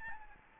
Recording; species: mosquito wingbeat signal from an infrared sensor; Aedes albopictus